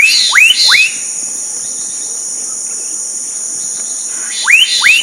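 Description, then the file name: Black-capped donacobius giving rising whistled calls, a quick pair at the start and another pair at the end, over a steady high insect drone. Recorded at Sertão, Mongaguá, São Paulo state, Brazil, on 27 December 2016. "Donacobius-atricapilla-Sertao Mongagua-SP-27-12-16-ASilveira"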